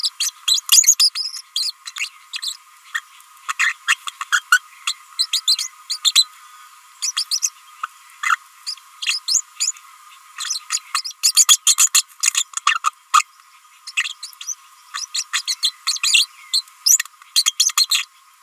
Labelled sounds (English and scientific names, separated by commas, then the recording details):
Green-rumped Parrotlet (Forpus passerinus) babbling
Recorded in a nest box in Venezuela
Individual 18B25A5